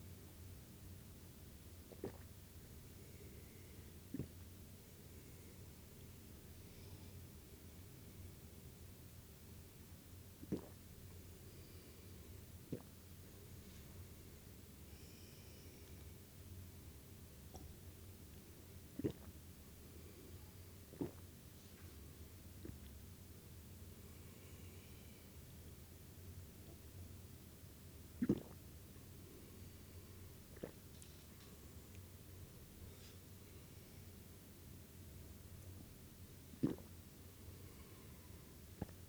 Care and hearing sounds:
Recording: daily activity, guitar pickup as the sensor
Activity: drink water

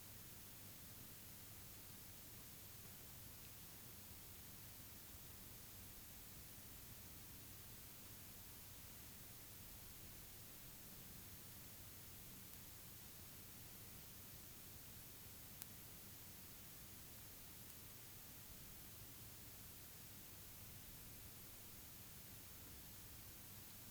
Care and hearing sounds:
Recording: daily activity, guitar pickup as the sensor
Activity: lie down

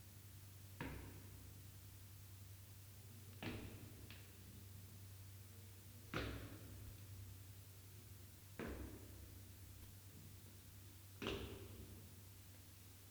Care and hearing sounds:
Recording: daily activity, guitar pickup as the sensor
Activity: go downstairs

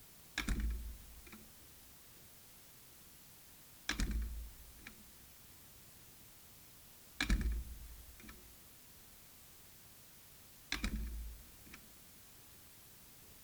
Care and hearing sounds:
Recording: daily activity, guitar pickup as the sensor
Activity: manipulate door

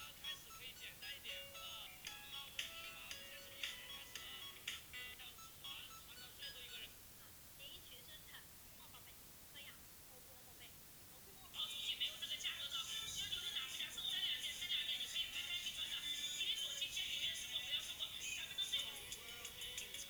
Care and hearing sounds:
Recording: daily activity, guitar pickup as the sensor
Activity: browse video

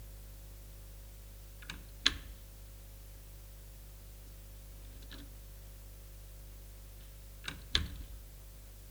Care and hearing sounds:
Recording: daily activity, guitar pickup as the sensor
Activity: manipulate door

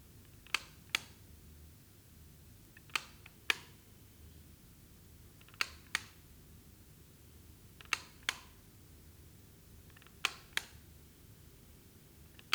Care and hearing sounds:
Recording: daily activity, guitar pickup as the sensor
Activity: operate light

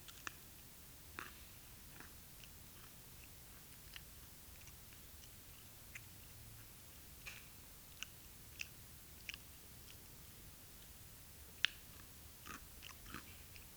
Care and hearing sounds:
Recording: daily activity, guitar pickup as the sensor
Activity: eat

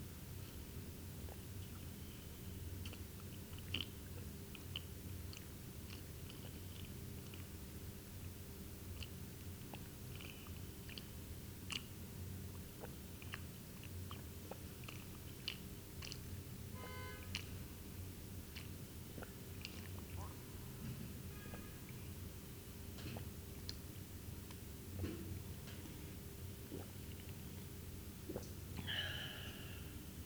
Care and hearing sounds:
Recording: daily activity, guitar pickup as the sensor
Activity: drink water

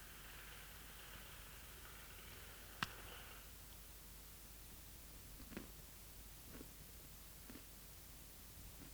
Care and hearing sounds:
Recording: daily activity, guitar pickup as the sensor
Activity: eat

